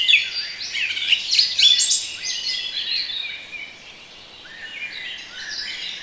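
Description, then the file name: Birds sing in a lively overlapping chorus of quick chirps that fades to softer, scattered twittering. Relaxation recording of bird sounds. "relaksacja odglosy ptakow"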